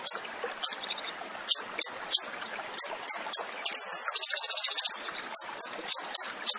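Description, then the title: Zebra finch song: sharp high chirps repeated at an uneven pace, broken midway by one long buzzy trill, then resuming. Bird singing actively (gacor), used as masteran, a training song for songbirds. "Masteran Burung Tembakan Gacor"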